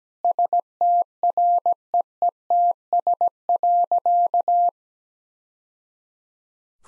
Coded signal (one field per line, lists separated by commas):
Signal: Morse code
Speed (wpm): 17 wpm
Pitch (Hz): 700 Hz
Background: none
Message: STREETS.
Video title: Easy Sentences with Hints - 17wpm